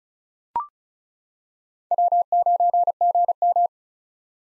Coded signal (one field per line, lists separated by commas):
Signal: Morse code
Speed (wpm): 34 wpm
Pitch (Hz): 700 Hz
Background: none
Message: W9GM